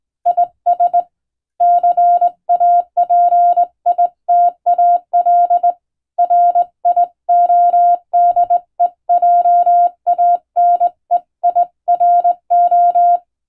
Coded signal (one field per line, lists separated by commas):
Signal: Morse code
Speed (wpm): 20 wpm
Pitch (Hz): 700 Hz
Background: none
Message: IS CAPITAL RIODEJANEIRO